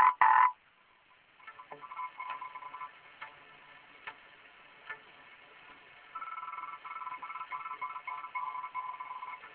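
Frog calling in rapid pulsed croaks, opening with a brief loud burst, then scattered clicks, then a dense run of rattling pulses in the last few seconds.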